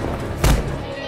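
One heavy, booming thud as Coy strikes the separation door to D block at Alcatraz prison, knocking guard Bart Barge to the floor, a brief low-pitched impact standing out against a steady, noisy background.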